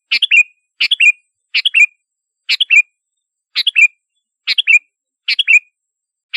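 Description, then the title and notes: Sooty-headed bulbul giving short chirpy phrases of a few quick notes, repeated about every second. "Kicau Burung Kutilang"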